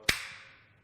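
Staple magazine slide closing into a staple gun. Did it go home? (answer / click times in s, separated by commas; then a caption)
yes / 0.1 s. The staple magazine pusher of a metal Rapid PRO R34E staple gun, loaded with wide-bodied staples, is slid back along the gun and latches shut. A single sharp click sounds at 0.1 s and fades quickly into quiet. The magazine is seated.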